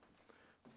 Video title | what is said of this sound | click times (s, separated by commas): BIKEHAND - Bike Floor Stand Review | and pop into place | 0.3 s